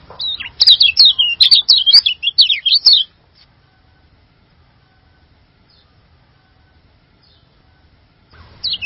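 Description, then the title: Bird song, a rapid high chattering burst of twittering notes lasting under three seconds, then silence, with another burst starting at the very end. "burung online"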